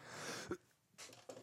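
Several harsh, noisy bursts from an adult man, heard off-microphone as he coughs toward another person's microphone: an ordinary cough.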